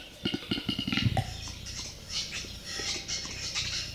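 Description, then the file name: Western capercaillie display song, a quickening series of sharp clicks ending in a popping note, followed by scratchy grinding whetting phrases. Recorded close to the bird. "Digiffects Sound Effects Library - Close Capercaillie Bird Version 1"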